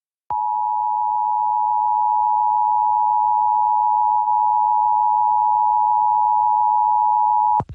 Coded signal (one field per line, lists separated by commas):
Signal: Emergency Alert System (SAME) tones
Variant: 853 and 960 Hz attention tone